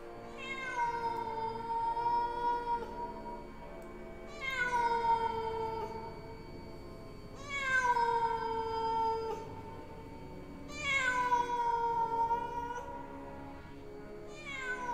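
A cat behind a closed door meows repeatedly in long, drawn-out, wailing cries, about four of them spaced a few seconds apart, each rising then falling in pitch, with no one speaking.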